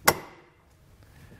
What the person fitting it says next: Now that we've got it clicked in, we do want to make sure we push in on the end of the lock to lock it down.